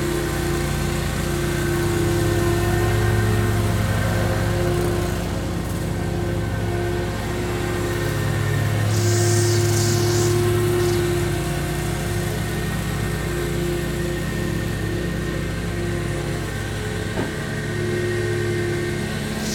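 A lawn mower drones steadily with a low, even engine hum throughout, plus a brief bright hiss around nine to eleven seconds.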